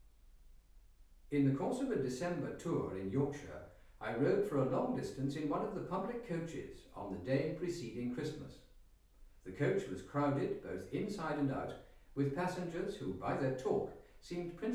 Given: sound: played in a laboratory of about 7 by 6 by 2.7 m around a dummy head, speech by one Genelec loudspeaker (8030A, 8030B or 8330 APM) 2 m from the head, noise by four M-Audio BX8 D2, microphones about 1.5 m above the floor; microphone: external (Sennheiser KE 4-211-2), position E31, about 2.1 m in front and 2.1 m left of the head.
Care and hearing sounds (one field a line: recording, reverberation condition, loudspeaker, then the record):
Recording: male speech in English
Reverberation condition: medium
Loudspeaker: 90 degrees to the right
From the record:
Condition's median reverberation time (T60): about 510 ms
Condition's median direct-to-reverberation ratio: about -0.5 dB